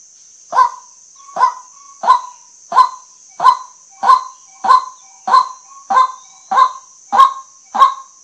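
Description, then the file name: White-breasted waterhen giving loud, hoarse kwak notes in an even series, roughly one and a half per second, with a steady shrill background drone. Lure calls used for night hunting. "เสียงนกกวักเน้นยิงกลางคืน"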